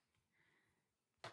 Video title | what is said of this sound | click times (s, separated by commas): How to Install a Kohler Hyten Raised Toilet Seat? - Install and Review | like this and you'll kind of feel them click into place so you hear that click | 1.2 s